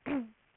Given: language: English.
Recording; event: throat vibration sensor signal played as sound; throat clearing